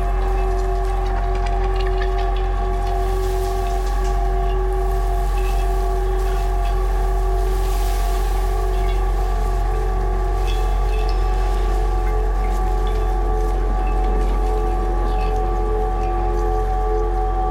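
An ocean soundscape built from sounds of plastic objects found on a beach: a steady, unchanging drone with a deep rumbling hum beneath several sustained ringing tones. Faint crackles and small clicks drift through the upper range, and the level stays even throughout.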